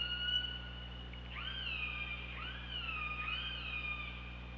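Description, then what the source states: Orca pulsed calls, a run of rising and falling harmonic-rich squeals that arch and swoop one after another over low steady hum. Underwater hydrophone recording from OrcaLab, 24 August 2017, around 15:17.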